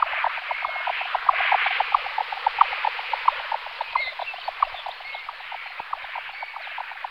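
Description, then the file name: Jack snipe giving a long, rapid series of muffled knocking pulses, steady throughout. "slučka-malá"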